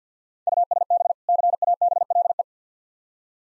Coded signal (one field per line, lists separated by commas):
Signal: Morse code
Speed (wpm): 46 wpm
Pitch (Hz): 700 Hz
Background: none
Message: USB CABLE